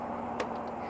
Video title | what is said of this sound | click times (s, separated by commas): Mahindra 1626 HST Tractor w/ Loader full Walk Thru | So This Hood pops open like this locks in place | 0.4 s